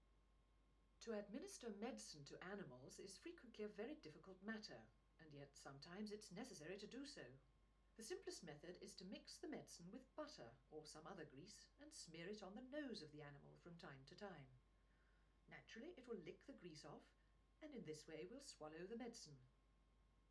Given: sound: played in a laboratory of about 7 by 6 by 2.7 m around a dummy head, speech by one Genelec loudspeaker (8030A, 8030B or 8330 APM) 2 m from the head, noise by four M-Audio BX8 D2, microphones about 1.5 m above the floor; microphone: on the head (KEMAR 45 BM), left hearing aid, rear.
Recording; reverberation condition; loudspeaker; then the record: female speech in English; low; 60 degrees to the left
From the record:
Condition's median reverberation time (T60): about 310 ms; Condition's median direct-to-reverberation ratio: about 3.5 dB